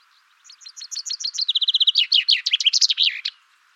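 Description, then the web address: Chaffinch singing a bright phrase of repeated falling notes that quicken into an even trill and close with an emphatic twisting flourish. "Deverinetal 2025"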